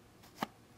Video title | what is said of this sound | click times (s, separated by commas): Wet Forming | it kind of snaps back in | 0.4 s